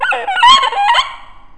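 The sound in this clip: Seal call: a loud, harsh, wavering honking cry that fades out over about one and a half seconds.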